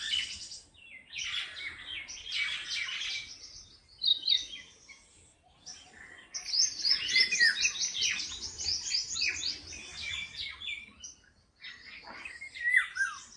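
Bird song in separate bursts of varied high twitters and chirps with brief pauses between, including a few clear whistled notes near the end.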